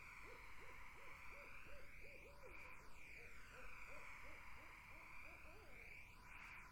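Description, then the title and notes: Barred owls hooting in long rapid runs of low hoots over a washing, sweeping hiss. Barred owls, more than one, in a summer wetland. "Barred Owls in a Summer Wetland. The Wild Life"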